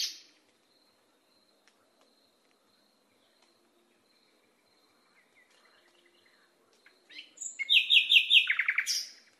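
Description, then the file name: Nightingale song after a long quiet stretch: a sudden burst of fast, varied chattering and buzzy notes near the end. Masteran recording, made for training cage birds to sing. "suara masteran nightingale"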